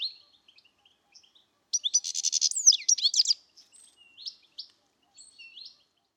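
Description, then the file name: European goldfinch making scattered thin chirps, then a dense burst of tinkling, buzzy twitter, followed by a few softer notes. "Carduelis carduelis"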